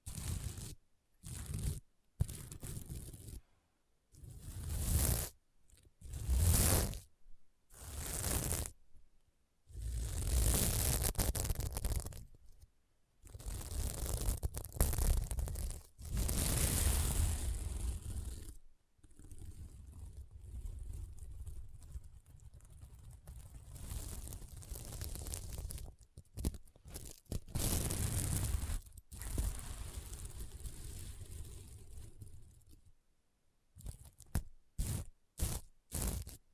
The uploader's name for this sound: SequinMermaid Pillow Scratching Sounds